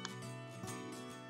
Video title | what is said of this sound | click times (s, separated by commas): X-9 Electric Wheelchair with Automatic Recline Installation / Assembly | make sure those are lined up because it's very important to push those in you'll hear a nice snapping sound just like this. | 0.1 s